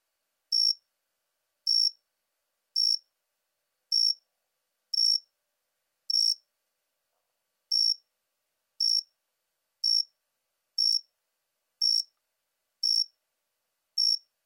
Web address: Crickets and Katydids. Jumping Bush Cricket, Orocharis saltator